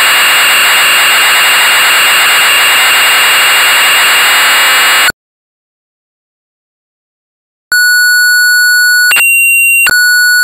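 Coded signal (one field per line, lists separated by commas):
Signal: computer data on cassette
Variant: Amstrad CPC 464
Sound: five seconds of harsh buzzing data screech, a pause, then steady whine tones with clicks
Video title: Castle of the Skull Lord (1984) - Amstrad CPC 464 (Full Tape Rip / Cassette Load)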